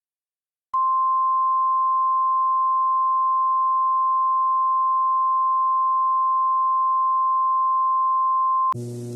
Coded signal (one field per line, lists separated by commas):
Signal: Emergency Alert System (SAME) tones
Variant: 1050 Hz attention tone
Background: music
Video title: Special Marine Warning An EAS Mock